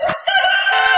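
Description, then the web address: Chicken crowing, a loud drawn-out harsh call with strong harmonics held steady for most of a second after a short opening note. "chickens sounds audioshots"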